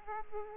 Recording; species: mosquito wingbeat signal from an infrared sensor; Aedes aegypti